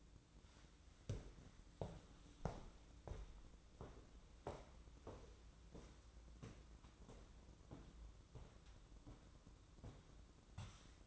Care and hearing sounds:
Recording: daily activity, microphone in the room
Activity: walk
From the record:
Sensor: 3

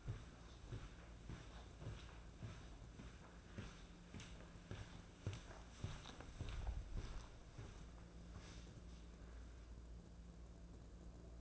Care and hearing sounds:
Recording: daily activity, microphone in the room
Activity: walk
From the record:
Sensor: 2

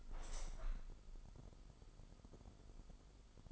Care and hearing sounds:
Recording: daily activity, microphone in the room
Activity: open window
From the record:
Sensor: 5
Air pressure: 995.9 hPa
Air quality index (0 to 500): 99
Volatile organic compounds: 6 ppm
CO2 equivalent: 1891 ppm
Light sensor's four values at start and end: 40/97/39/41 and 40/97/39/41

